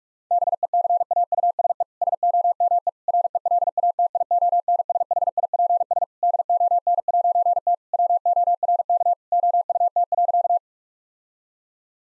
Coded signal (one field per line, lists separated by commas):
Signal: Morse code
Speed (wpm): 46 wpm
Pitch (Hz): 700 Hz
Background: none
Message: BECAUSE SOME RELATIONSHIPS DON'T WORK OUT.